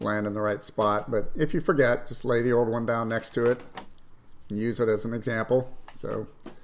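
Someone talks while handling the molded plastic driver-side windshield cowl on a 2007–2015 Mini Cooper, which is about to be pressed down so its push tabs snap into their holes in the car body. Nothing has seated or clicked yet.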